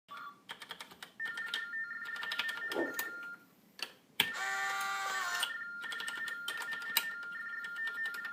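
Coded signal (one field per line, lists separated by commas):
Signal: RTTY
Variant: TDD Baudot, 45.45 baud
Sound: warbling two-tone chirps between clacking keys and a printer's buzzing rattle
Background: keyboard typing, printer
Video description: The device uses baudot tones to communicate with other TDD devices using an acoustic couple and telephone handset. You can hear the keyboard, tones and a small printer.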